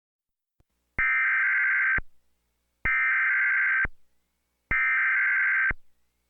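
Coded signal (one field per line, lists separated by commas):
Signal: Emergency Alert System (SAME) tones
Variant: header bursts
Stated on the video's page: Fictional EAS scenario.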